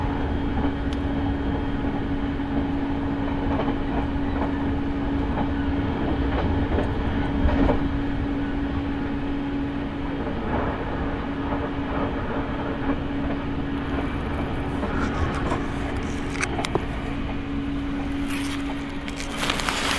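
A train journey heard from on board: a steady, dense rumble of the moving carriage with a constant low hum running underneath. Scattered knocks and rattles come throughout, and from about fourteen seconds brighter squeals and hiss join in toward the end.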